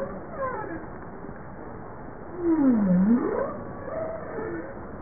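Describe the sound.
Bowhead whale call, a low moaning sweep that dips down then rises back up, with fainter tonal calls around it over steady underwater hiss.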